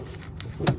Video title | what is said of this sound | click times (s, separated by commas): Ford F150 EcoBoost 2014 2.5 water pump | And you just got to push it in there until it clicks. There. | 0.7 s